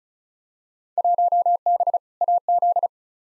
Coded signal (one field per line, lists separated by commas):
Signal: Morse code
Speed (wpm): 36 wpm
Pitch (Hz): 700 Hz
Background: none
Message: 1B AZ